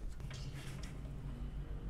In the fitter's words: I didn't ah yeah I can hear the click now